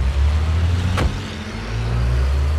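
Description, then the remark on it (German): A Bentley's engine rumbles low and steady, with a sharp click or thud partway through, then the engine note rises slightly as the car pulls away. “noch bevor sie die Tür ganz geschlossen haben, fahren sie hinter unserem Wagen an.”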